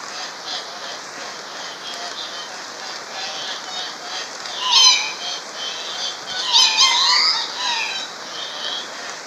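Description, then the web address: Andean cock-of-the-rock giving two harsh rising squawks a couple of seconds apart over a steady hiss. In Ecuador. "Birds of Ecuador. Andean Cock-of-the-rock"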